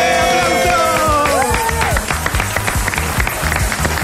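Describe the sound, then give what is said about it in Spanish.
An audience bursts into steady, loud applause, dense clapping running the whole way through, with a few voices whooping and cheering over it in the first couple of seconds. “¡Aplausos!”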